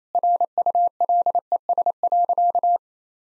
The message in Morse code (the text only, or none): RULES.